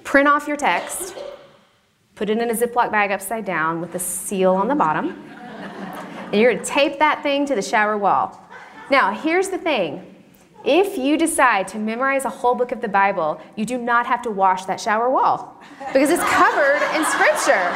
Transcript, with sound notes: Print off your text. Put it in a zip-lock bag upside down, with the seal on the bottom. (laughter) Tape that thing to the shower wall. Now, here’s the thing: If you decide to memorize a whole book of the Bible, you do not have to wash that shower wall because it’s covered in Scripture.